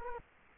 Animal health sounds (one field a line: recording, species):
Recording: mosquito wingbeat signal from an infrared sensor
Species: Culex quinquefasciatus